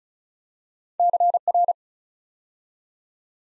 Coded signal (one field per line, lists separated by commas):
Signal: Morse code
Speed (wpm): 36 wpm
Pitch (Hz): 700 Hz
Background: none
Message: CR